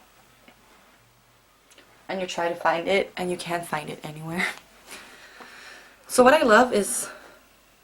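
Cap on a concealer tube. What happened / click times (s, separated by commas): Handled, not yet home: the plastic cap has not clicked shut / none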